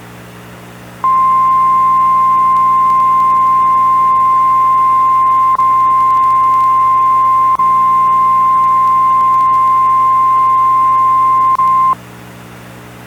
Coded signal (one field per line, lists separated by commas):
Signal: Emergency Alert System (SAME) tones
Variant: 1050 Hz attention tone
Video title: EAS - Finally Got the Old TV to Work. (READ DESC)